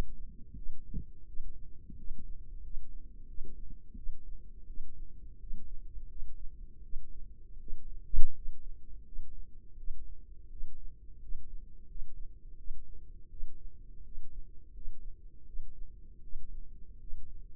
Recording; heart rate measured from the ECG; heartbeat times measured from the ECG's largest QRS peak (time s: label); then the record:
heart sounds by microphone in the left ear; 84 bpm
0.55 s: heartbeat
1.26 s: heartbeat
1.96 s: heartbeat
2.61 s: heartbeat
3.26 s: heartbeat
3.95 s: heartbeat
4.66 s: heartbeat
5.38 s: heartbeat
6.07 s: heartbeat
6.82 s: heartbeat
7.58 s: heartbeat
8.33 s: heartbeat
9.04 s: heartbeat
9.76 s: heartbeat
10.49 s: heartbeat
11.20 s: heartbeat
11.86 s: heartbeat
12.56 s: heartbeat
13.28 s: heartbeat
14.03 s: heartbeat
14.72 s: heartbeat
15.44 s: heartbeat
16.21 s: heartbeat
16.98 s: heartbeat
From the record:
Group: healthy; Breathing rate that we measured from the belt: 20 breaths a minute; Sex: female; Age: 22 years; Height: 163 cm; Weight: 67.1 kg